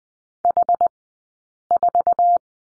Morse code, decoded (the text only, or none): H4